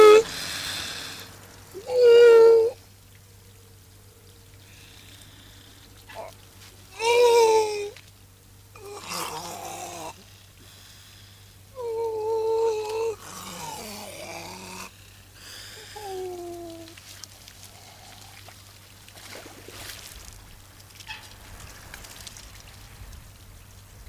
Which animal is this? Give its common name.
Grey Seal